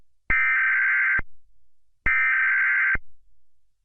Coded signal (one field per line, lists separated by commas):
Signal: Emergency Alert System (SAME) tones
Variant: header bursts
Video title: ( READ DESC ) every time i turn my back EAS